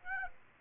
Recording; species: mosquito wingbeat signal from an infrared sensor; Aedes aegypti